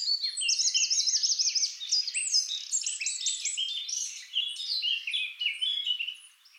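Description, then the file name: Eurasian blackcap song, a brisk warble holding quick trills of repeated whistled notes, loud throughout and fading at the close. "Sylvia atricapilla"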